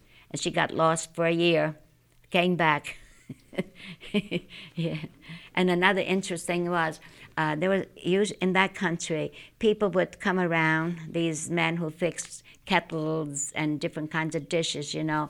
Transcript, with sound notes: And she got lost for a year, came back, (she laughs) yeah. And another interesting thing was, there was, in that country, people would come around, these men who'd fix kettles, and different kinds of dishes, you know.